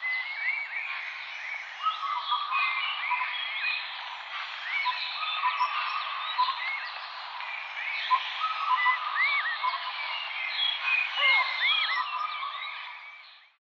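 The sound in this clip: Birds chirping in a dense chorus, many overlapping whistled and slurred notes, some rising, others falling, continuing throughout before fading at the end.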